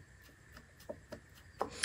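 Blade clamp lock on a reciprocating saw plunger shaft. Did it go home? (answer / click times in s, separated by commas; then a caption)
no / none. The metal locking part of the blade clamp lock on the plunger shaft of a disassembled HILTI WSR 1250-PE reciprocating saw is handled and pushed. A few faint ticks are followed by two sharper metallic clicks near the end. Nothing has seated or clicked into place yet.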